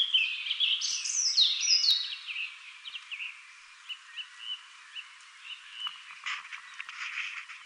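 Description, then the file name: European robin delivering a bright, tumbling phrase of high, sliding notes, followed by quieter, spaced ticking notes and soft twitters. "Erithacus rubecula"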